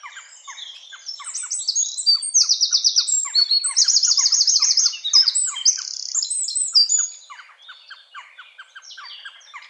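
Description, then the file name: Eurasian wren delivering its rapid, high-pitched song with two ringing trills near the middle, then quieter chirps continue. "Troglodytes troglodytes"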